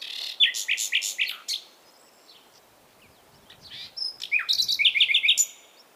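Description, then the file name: Common nightingale singing two phrases: first a rapid series of sharp, repeated notes, then after a pause a fast rattling trill of rising notes. "Luscinia megarhynchos"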